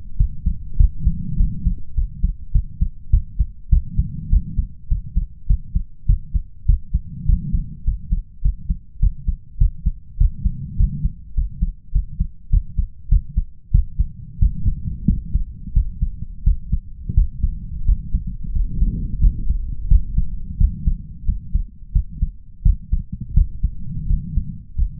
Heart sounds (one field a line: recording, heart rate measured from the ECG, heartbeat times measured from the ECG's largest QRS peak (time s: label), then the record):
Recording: heart sounds by stethoscope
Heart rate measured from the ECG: 95 bpm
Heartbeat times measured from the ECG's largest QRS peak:
0.16 s: heartbeat
0.76 s: heartbeat
1.36 s: heartbeat
1.94 s: heartbeat
2.51 s: heartbeat
3.10 s: heartbeat
3.69 s: heartbeat
4.29 s: heartbeat
4.88 s: heartbeat
5.46 s: heartbeat
6.06 s: heartbeat
6.65 s: heartbeat
7.25 s: heartbeat
7.84 s: heartbeat
8.41 s: heartbeat
8.99 s: heartbeat
9.57 s: heartbeat
10.17 s: heartbeat
10.76 s: heartbeat
11.34 s: heartbeat
11.91 s: heartbeat
12.49 s: heartbeat
13.08 s: heartbeat
13.71 s: heartbeat
14.38 s: heartbeat
15.06 s: heartbeat
15.72 s: heartbeat
16.43 s: heartbeat
17.13 s: heartbeat
17.84 s: heartbeat
18.52 s: heartbeat
19.19 s: heartbeat
19.87 s: heartbeat
20.57 s: heartbeat
21.24 s: heartbeat
21.92 s: heartbeat
22.62 s: heartbeat
23.33 s: heartbeat
24.06 s: heartbeat
24.75 s: heartbeat
From the record:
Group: healthy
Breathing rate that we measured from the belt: 18 breaths a minute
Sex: male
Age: 21 years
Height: 180 cm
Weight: 67.5 kg